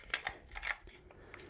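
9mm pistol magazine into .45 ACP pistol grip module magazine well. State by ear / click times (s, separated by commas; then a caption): not seated / none. A 9mm pistol magazine is pushed into the larger .45 ACP grip module of a SIG P320 Compact, and it rattles all the way up the magazine well without catching on the magazine latch. Sharp rattling and knocking hits are heard at about 0.1, 0.3, 0.6, 0.7, 0.8 and 1.3 seconds. The undersized magazine fails to lock in the grip, and nothing has seated or clicked.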